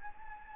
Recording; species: mosquito wingbeat signal from an infrared sensor; Anopheles gambiae